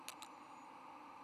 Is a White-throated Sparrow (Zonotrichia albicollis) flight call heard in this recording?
no